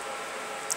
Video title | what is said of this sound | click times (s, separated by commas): Dell Latitude E6510 Memory Installation | clicks into place the two metal wings are in place | 0.7 s